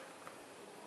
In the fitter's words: sits in there nicely and just locks into place like that okay the